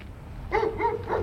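A dog barks three times in quick, evenly spaced succession, each bark short and mid-pitched, over a low steady background rumble.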